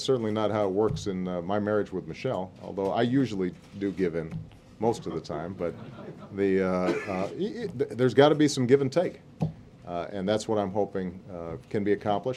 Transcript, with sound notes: That's certainly not how it works in my marriage with Michelle, although I usually do give in most of the time. (Laughter.) But the -- there's got to be some give and take, and that's what I'm hoping can be accomplished.